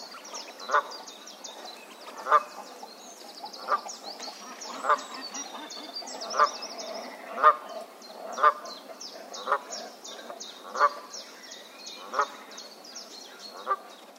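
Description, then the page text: Canada goose giving single honks about once a second. "Herman van der Meer - Канадская казарка (Branta canadensis)"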